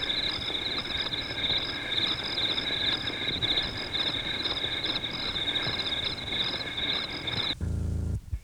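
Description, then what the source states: Crickets chirping: a steady, continuous high trill with a pulsing upper chirp repeated several times a second, cut off near the end by a brief noisy rumble. Crickets recorded at night.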